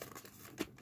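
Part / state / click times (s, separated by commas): plastic shell half onto toy blaster body / not seated / none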